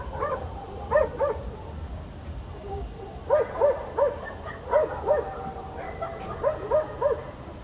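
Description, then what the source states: Dog barking in short clusters of two or three arched barks separated by pauses, over a low steady rumble. Dogs in Almaty.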